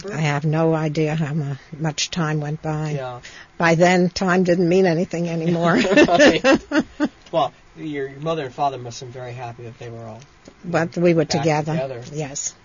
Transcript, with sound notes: I have no idea how much time went by. By then time didn't mean anything any more. (They laugh)
Well, your mother and father must have been happy when they were all, back together.
Back together, yes.